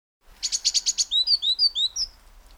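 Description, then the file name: Great tit calls: a quick burst of six buzzy, harsh notes followed by a string of thin, high chirps. "Parus major"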